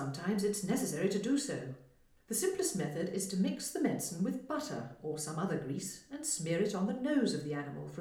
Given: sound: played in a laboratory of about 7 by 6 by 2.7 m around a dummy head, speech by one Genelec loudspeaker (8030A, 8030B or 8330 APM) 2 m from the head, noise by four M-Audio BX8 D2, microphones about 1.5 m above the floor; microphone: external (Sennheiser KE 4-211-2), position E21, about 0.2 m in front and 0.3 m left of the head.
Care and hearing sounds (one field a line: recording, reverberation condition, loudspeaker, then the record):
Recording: female speech in English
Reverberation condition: medium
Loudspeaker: 120 degrees to the left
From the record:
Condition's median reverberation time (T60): about 510 ms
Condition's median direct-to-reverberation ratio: about -0.5 dB